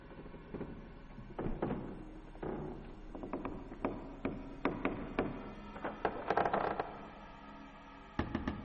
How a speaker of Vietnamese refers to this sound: Cánh cửa nhà ông Vạn từ từ kẽo ca kẽo kẹt mở ra, phát ra âm thanh ghê hết cả người.